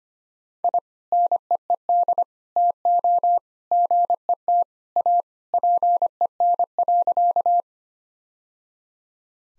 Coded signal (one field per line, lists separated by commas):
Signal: Morse code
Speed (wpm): 25 wpm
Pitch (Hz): 700 Hz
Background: none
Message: I NEED TO GET A PEN.